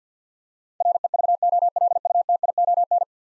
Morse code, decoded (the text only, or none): REVOLUTION